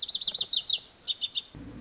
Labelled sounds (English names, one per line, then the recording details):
Lazuli Bunting
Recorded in Sonoma County, California